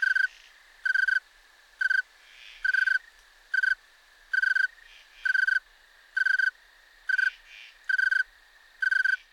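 Snowy tree cricket chirping: short, steady pulsed chirps repeated at an even pace of a little over one per second, about ten chirps.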